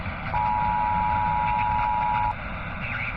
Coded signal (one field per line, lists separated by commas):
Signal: Emergency Alert System (SAME) tones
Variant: 853 and 960 Hz attention tone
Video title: SCP 2316 EAS ALERT • Horror attempt •